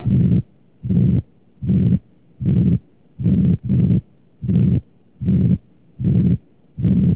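Adult heart heard through a stethoscope, about 76 beats per minute, with a heart murmur of mitral regurgitation.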